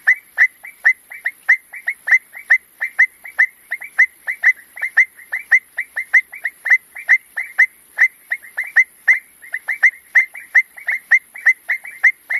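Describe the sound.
Frog clicking rapidly and continuously, notes often doubled, several per second, with a constant faint hiss high in the background.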